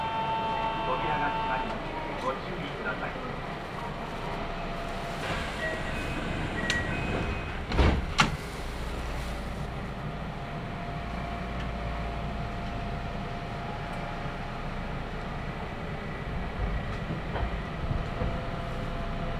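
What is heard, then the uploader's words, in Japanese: Onboard an express train between stations, a steady low rumble of wheels and motors fills the cabin. A thin whine fades in the first two seconds, sharp clanks hit around eight seconds, and faint murmuring and soft tones drift underneath. 近鉄急行 四日市→伊勢若松。モーター音や加速の違いが歴然としています。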